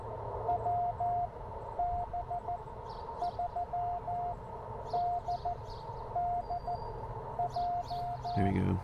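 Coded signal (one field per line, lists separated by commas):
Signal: Morse code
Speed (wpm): 15 wpm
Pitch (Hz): 700 Hz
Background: none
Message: WB3DDJ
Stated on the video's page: Morse from a Parks on the Air activation.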